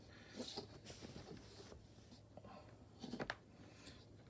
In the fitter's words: kind of snaps in place